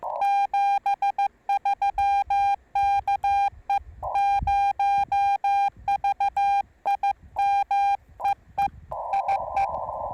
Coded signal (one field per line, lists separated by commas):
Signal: Morse code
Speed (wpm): 15 wpm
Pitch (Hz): 810 Hz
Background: radio noise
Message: 73 KE0VIM EE IE